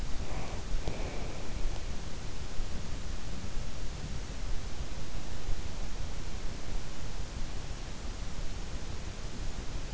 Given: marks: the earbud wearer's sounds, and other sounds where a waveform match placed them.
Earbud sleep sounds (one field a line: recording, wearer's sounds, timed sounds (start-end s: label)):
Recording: sounds in sleep by an in-ear microphone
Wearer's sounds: breath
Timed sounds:
0.00-1.72 s: breath